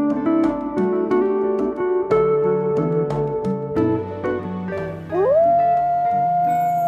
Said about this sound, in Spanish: ¿Escuchaste eso? ¿Acaso no fue un aullido de coyotes? ¿Un aullido de coyotes en la ciudad? Lo dudo.